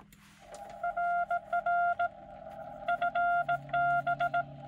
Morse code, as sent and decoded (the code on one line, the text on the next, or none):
.-. .-. / ..-. -...
RR FB